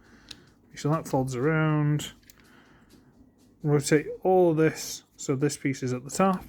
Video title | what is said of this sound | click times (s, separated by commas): Vid 546 KO Transformers Studio Series Mixmaster | just goes in that tab there and that's how this locks into place so we're going to push it out slightly to pop that out | 0.3 s